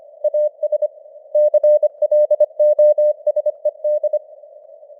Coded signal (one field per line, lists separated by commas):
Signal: Morse code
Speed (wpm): 25 wpm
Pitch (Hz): 600 Hz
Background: none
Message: AS CLOSED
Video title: Morse Code News | 2025-12-01 | 25wpm